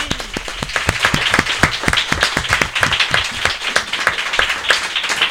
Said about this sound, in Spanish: É dicir, eu a estes nenos e nenas que acaban de entrar, de quinto A, temos que dicir que estamos aquí, vamos a dar un aplauso, porque vamos alá, para...